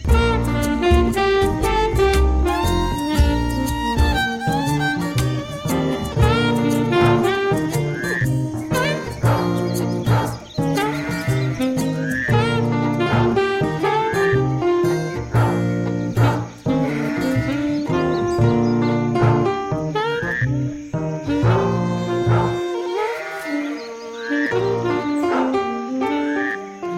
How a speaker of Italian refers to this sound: ovvero il suo cane Pedro, perché questa campionatura era proprio Pedro in persona. Sì, in tutta la sua, il suo splendore, diciamo.